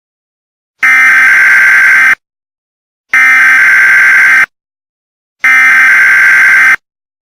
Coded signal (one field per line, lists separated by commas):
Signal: Emergency Alert System (SAME) tones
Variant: header bursts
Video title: Tornado watch for Missouri [EAS #6] eas scenario part 1 [FAKE EAS]